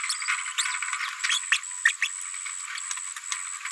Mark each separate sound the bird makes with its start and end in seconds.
0.09-0.13, 0.58-0.62, 1.52-1.57, 1.85-1.92, 2.02-2.07